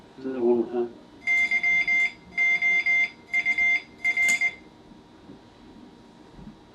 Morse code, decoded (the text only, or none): YOUR